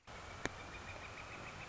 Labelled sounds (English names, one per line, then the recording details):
Northern Flicker
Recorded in Sonoma County, California